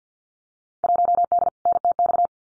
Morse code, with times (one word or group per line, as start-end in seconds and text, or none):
0.8-1.5 1D
1.7-2.3 NTX